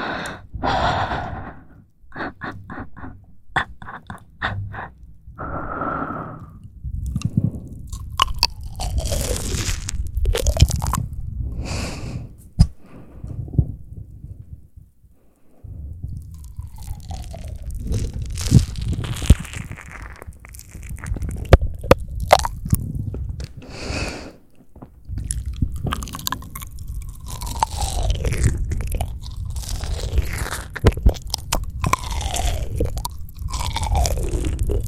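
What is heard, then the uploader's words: Soft mouth sounds: wet clicks, smacks and crunchy chewing-like noises follow one another without pause. Sharp pops come every second or so, between gliding squelchy tones that rise and fall. Short silent gaps fall near 2, 15 and 25 seconds. Soft Mouth Sounds For Sleep.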